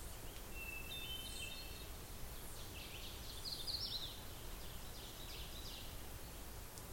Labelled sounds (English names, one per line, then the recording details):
Ovenbird song
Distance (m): 110 m
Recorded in boreal forest in Alberta, Canada, on 16 June 2016 at 07:06
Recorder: SongMeter 3, array SBT-3-32
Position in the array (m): 132 m, 165 m
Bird 37